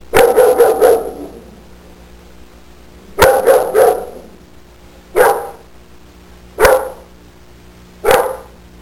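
Dog barking loudly: a quick burst of three or four barks, then another similar burst, followed by three single sharp barks spaced about one and a half seconds apart.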